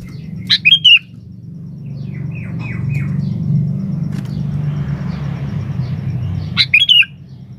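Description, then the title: Sooty-headed bulbul: a fluty bubbling phrase opens, a few soft downslurred notes follow, then another phrase about six seconds later, all over rumbling low background noise. "Kutilang"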